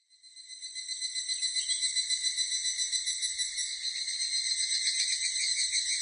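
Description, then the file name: Evening cicada calling: a shrill, metallic trill that swells in from silence, pulsing steadily about three to four times a second, with several bright tones layered together. Recorded on 16 July 1997. "970716 higurasi"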